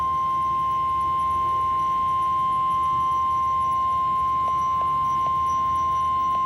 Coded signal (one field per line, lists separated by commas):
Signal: Emergency Alert System (SAME) tones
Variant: 1050 Hz attention tone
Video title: NOAA EAS REQUIRED WEEKLY TEST 12/16/20